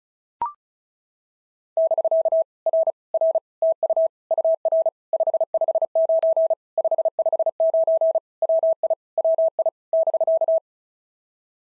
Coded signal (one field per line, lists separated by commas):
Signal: Morse code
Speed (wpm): 36 wpm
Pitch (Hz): 650 Hz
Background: none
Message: <BK> R R TU UR 559 559 WI WI <BK>